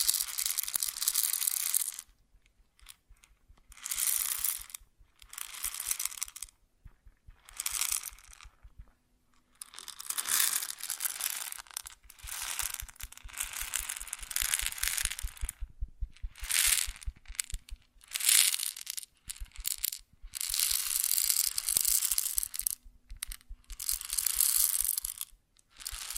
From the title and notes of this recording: ASMR Grain Sounds (No Talking).